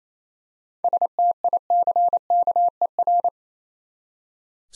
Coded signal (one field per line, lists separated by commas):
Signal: Morse code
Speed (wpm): 27 wpm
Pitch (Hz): 700 Hz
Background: none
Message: STICKER